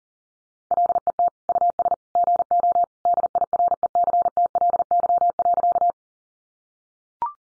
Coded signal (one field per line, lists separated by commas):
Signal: Morse code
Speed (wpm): 40 wpm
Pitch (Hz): 700 Hz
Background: none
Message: LET US GO DIRECTLY.